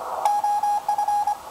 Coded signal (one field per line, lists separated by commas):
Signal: Morse code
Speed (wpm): 23 wpm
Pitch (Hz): 810 Hz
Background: none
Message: OF